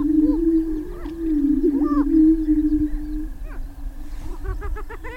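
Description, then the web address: Greater prairie chicken sounds: a low hollow boom holding until about three seconds, scattered cackling notes above, then a softer burst of rapid yelps near the end. "Laura's Natural Sounds Greater Prairie Chicken"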